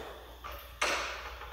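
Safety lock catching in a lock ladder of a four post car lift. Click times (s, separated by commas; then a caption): 0.8 s. On a Tuxedo four-post car lift, the cross beam is raised until the safety lock catches the first safety hole on the steel lock ladder. After a faint shift at about 0.4 s, a single sharp metallic clack lands at 0.8 s and rings down slowly over the rest of the clip. The safety lock is seated in the ladder hole.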